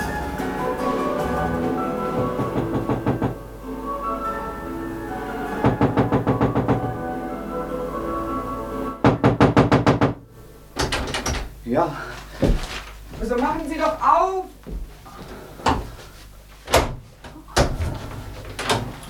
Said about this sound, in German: Ja, wir klopfen schon seit 5 Minuten, mein Herr.